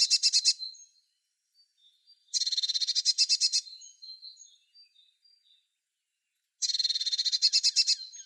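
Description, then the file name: Eurasian blue tit calling in three dry, rattling churrs of quick pulses lasting up to about a second and a half, separated by quiet gaps with a few faint high notes. "Cyanistes caeruleus"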